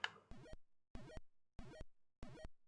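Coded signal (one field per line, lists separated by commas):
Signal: none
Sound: game sound effect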